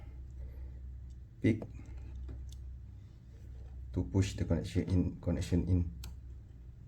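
A plastic pick pushes the battery cable connector into its socket on the board of a right-side Joy-Con game controller during a joystick replacement for a faulty stick with no clicking and no left or right movement. Someone talks over a low background hum, and one faint hit sounds around 2.5 s, with short taps near 2.3 s and 4.0 s. Nothing has seated or clicked yet; the clip ends just before the connector goes home.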